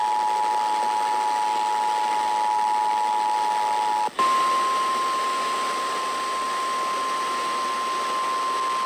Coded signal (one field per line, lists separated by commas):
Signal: Emergency Alert System (SAME) tones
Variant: 853 and 960 Hz attention tone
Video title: EAS #2725 Severe Thunderstorm Warning on WZOK